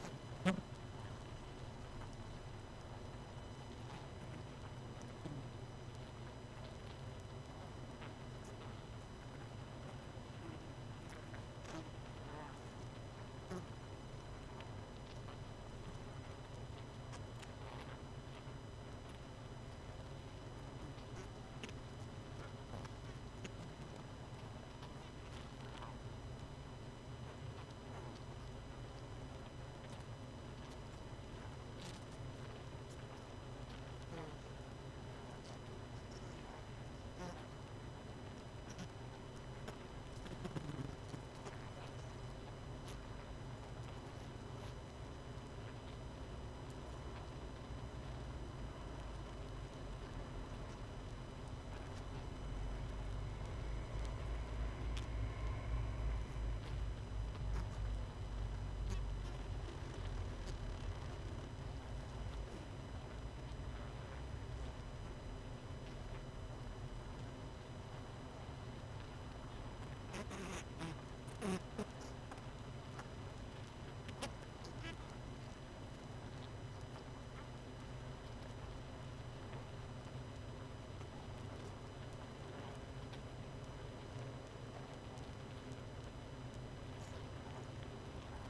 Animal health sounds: honeybee colony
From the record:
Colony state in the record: missing queen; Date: 31 May 2018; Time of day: 21:10

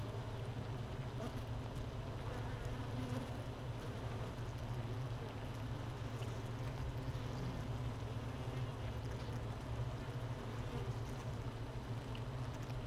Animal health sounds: honeybee colony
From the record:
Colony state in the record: missing queen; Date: 31 May 2018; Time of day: 13:20

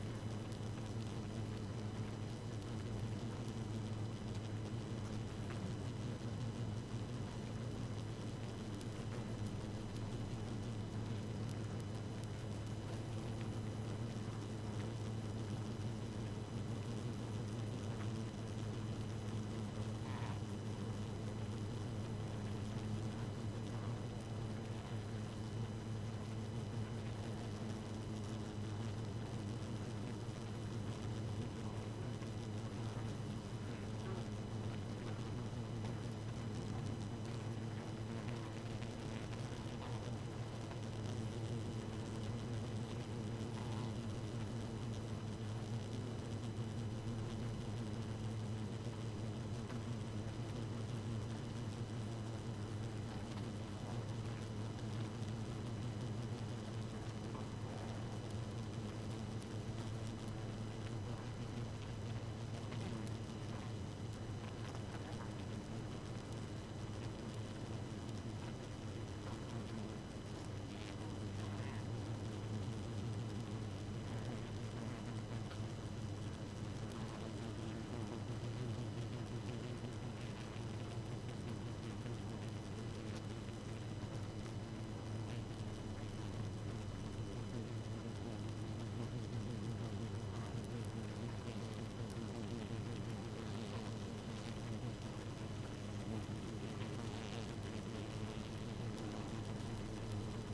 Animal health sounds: honeybee colony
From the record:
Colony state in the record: active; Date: 12 June 2018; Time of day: 0:21

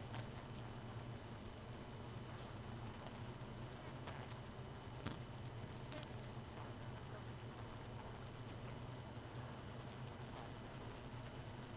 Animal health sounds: honeybee colony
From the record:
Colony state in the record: missing queen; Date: 31 May 2018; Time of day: 2:38

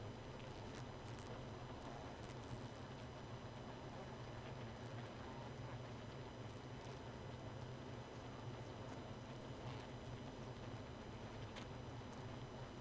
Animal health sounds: honeybee colony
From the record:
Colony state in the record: missing queen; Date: 31 May 2018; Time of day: 1:03

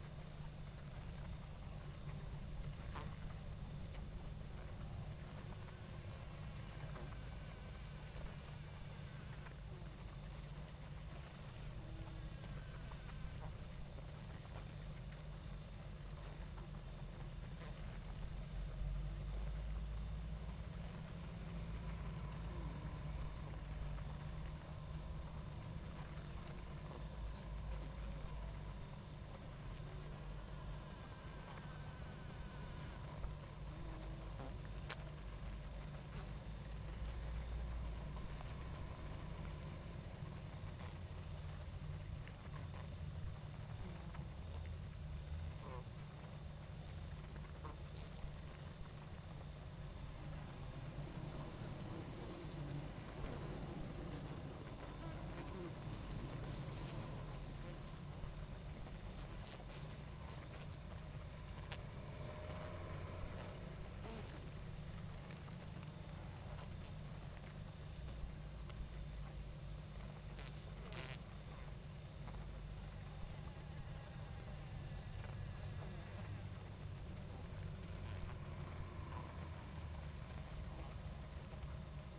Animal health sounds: honeybee colony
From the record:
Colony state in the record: active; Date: 28 July 2017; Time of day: 20:14

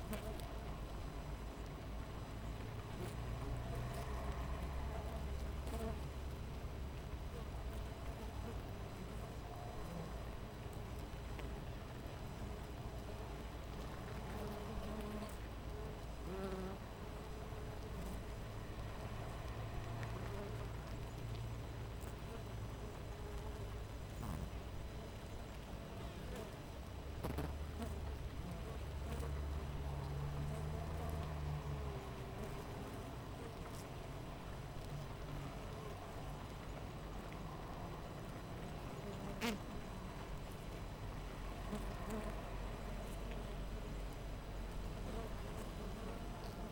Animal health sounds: honeybee colony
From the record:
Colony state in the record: missing queen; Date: 14 July 2017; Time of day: 6:46

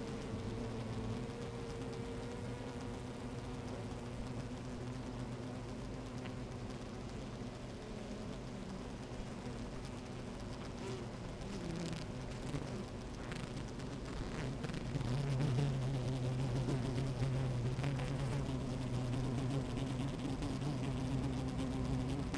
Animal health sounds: honeybee colony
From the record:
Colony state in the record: active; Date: 28 July 2017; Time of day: 12:13

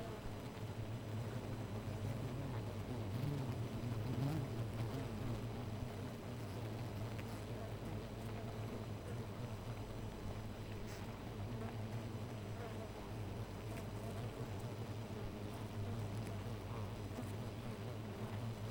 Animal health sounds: honeybee colony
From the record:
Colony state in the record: missing queen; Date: 14 July 2017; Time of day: 4:01

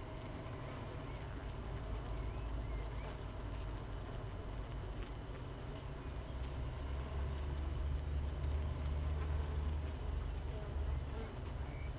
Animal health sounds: honeybee colony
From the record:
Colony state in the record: missing queen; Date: 31 May 2018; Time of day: 6:15

